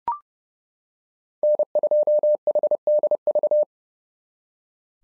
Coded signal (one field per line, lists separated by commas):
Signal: Morse code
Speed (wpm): 30 wpm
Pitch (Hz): 600 Hz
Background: none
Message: N2HDV